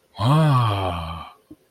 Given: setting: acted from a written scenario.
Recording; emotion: vocal sound without words; romantic love